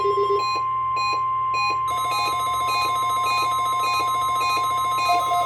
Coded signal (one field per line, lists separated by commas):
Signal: Emergency Alert System (SAME) tones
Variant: 1050 Hz attention tone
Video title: (EAS #412) Required weekly test on KIH38 6/22/2022